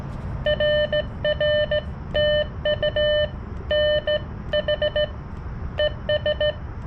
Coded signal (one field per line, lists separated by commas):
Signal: Morse code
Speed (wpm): 15 wpm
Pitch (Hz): 600 Hz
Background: none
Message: RR TU NH ES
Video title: CW POTA with the Xiegu X6200 and Palm Radio Portable Key